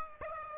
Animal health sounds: mosquito wingbeat signal from an infrared sensor; Aedes aegypti

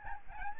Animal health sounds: mosquito wingbeat signal from an infrared sensor; Aedes albopictus

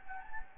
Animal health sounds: mosquito wingbeat signal from an infrared sensor; Anopheles gambiae

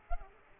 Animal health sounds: mosquito wingbeat signal from an infrared sensor; Culex pipiens

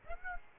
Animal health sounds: mosquito wingbeat signal from an infrared sensor; Aedes aegypti

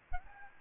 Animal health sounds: mosquito wingbeat signal from an infrared sensor; Aedes albopictus

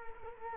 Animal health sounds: mosquito wingbeat signal from an infrared sensor; Culex quinquefasciatus

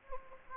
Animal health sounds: mosquito wingbeat signal from an infrared sensor; Anopheles gambiae

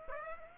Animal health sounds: mosquito wingbeat signal from an infrared sensor; Aedes aegypti

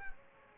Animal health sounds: mosquito wingbeat signal from an infrared sensor; Aedes aegypti

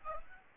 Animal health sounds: mosquito wingbeat signal from an infrared sensor; Aedes albopictus

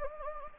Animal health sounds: mosquito wingbeat signal from an infrared sensor; Anopheles gambiae

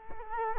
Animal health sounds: mosquito wingbeat signal from an infrared sensor; Culex quinquefasciatus

